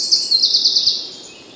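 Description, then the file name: Eurasian wren song fragment: a brief, bright high trill of quick repeated notes fading out after about a second. "Troglodytes troglodytes"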